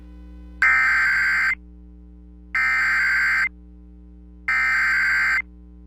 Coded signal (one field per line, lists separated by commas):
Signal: Emergency Alert System (SAME) tones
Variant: header bursts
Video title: EAS Capture #4: Severe Thunderstorm Warning on Z93 93.3FM